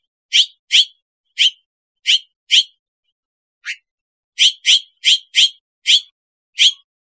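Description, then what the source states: Bird uttering bright, clipped, high chips at an uneven pace, one softer note after a short pause, then a steadier run, with quiet between. Possibly recorded in Costa Rica.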